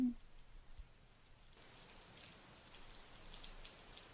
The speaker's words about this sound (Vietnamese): Gió nổi lên, từng đợt xào xạc lẫn trong mưa, làm cho bà Phú run rẩy